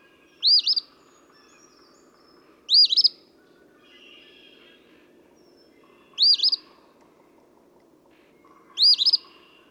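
Eastern phoebe song: four raspy two-part phrases, each a short buzzy rise and stutter, with faint birds between.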